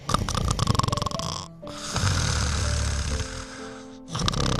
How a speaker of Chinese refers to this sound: 就是打呼噜这件事情，说实话，谁不打个呼噜呢？